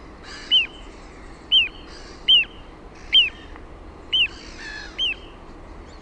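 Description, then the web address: Little ringed plover giving a run of sharp descending whistled calls, roughly one per second, with fainter higher chirps mixed in and soft background hiss. "OMAT AANITYKSET PIKKUTYLLI"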